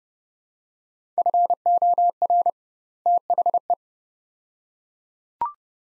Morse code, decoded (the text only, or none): FOR THE